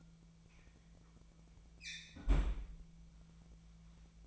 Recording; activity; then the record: daily activity, microphone in the room; close fridge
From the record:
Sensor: 1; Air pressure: 1009.7 hPa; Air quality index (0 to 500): 191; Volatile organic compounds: 18 ppm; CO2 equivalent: 2618 ppm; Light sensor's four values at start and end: 33/84/35/43 and 33/85/35/43